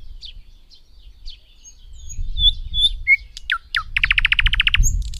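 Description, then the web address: Thrush nightingale song: thin high whistles and short notes, a few sharp downslurred clicks, then a fast loud rattle near the end over a low rumbling background. "Madardalok Nagy fülemüle"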